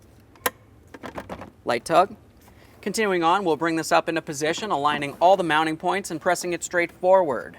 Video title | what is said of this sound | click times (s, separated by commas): How to Replace Right Side HVAC Blend Door Actuator 2013-2020 Ford Fusion | we press this in listen for a click | 0.5 s